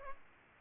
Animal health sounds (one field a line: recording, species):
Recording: mosquito wingbeat signal from an infrared sensor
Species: Culex pipiens